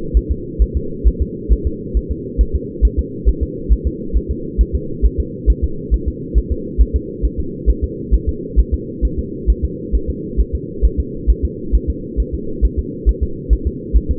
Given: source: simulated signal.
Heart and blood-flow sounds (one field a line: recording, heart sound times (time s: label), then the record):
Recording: fetal heart sounds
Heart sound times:
0.17 s: S1
0.31 s: S2
0.62 s: S1
0.77 s: S2
1.08 s: S1
1.22 s: S2
1.53 s: S1
1.67 s: S2
1.97 s: S1
2.11 s: S2
2.41 s: S1
2.56 s: S2
2.85 s: S1
2.99 s: S2
3.28 s: S1
3.43 s: S2
3.72 s: S1
3.87 s: S2
4.17 s: S1
4.31 s: S2
4.61 s: S1
4.75 s: S2
5.06 s: S1
5.20 s: S2
5.50 s: S1
5.64 s: S2
5.94 s: S1
6.08 s: S2
6.38 s: S1
6.52 s: S2
6.81 s: S1
6.96 s: S2
7.25 s: S1
7.40 s: S2
7.70 s: S1
7.84 s: S2
8.14 s: S1
8.29 s: S2
8.59 s: S1
8.74 s: S2
9.05 s: S1
9.19 s: S2
9.50 s: S1
9.64 s: S2
9.95 s: S1
10.10 s: S2
10.40 s: S1
10.55 s: S2
10.85 s: S1
11.00 s: S2
11.30 s: S1
11.45 s: S2
11.75 s: S1
11.90 s: S2
12.20 s: S1
12.34 s: S2
12.65 s: S1
12.79 s: S2
13.09 s: S1
13.23 s: S2
13.53 s: S1
13.67 s: S2
13.96 s: S1
14.11 s: S2
From the record:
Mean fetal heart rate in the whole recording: 135 bpm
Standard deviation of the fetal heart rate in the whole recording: 3 bpm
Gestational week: 34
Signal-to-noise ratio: -4.3 dB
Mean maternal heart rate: 72 bpm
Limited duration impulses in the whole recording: absent